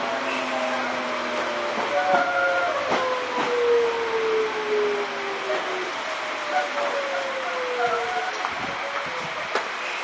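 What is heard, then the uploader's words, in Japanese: A Sotetsu New 7000 series train on the run between Ebina and Yokohama hums with a steady, dense rumble. A motor whine slides slowly downward in pitch through most of the clip, while sharp clacks from the wheels land every few seconds. 相鉄新7000系 海老名〜横浜。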